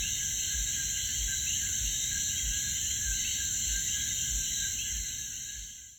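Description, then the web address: Coquí frog chorus of many overlapping chirped notes over continuous high buzzing, with soft low thumps at regular intervals; the sound fades out at the end. Frogs at Piñones, Puerto Rico. "puerto rico Cokees frogs Pignones"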